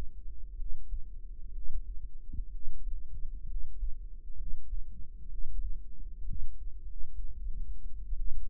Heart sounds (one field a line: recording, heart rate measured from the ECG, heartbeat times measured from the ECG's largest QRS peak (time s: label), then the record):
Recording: heart sounds by microphone in the right ear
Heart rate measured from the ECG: 63 bpm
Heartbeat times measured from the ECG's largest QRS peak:
0.53 s: heartbeat
1.50 s: heartbeat
2.48 s: heartbeat
3.44 s: heartbeat
4.34 s: heartbeat
5.26 s: heartbeat
6.23 s: heartbeat
6.82 s: heartbeat
8.13 s: heartbeat
From the record:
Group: healthy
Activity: rest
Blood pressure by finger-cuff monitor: 108/68 mmHg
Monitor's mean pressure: 78 mmHg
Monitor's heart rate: 62 bpm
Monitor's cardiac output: 5 L/min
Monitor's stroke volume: 80 mL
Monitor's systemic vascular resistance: 1130 dyn s/cm5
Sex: female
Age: 22 years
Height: 171 cm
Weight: 65.6 kg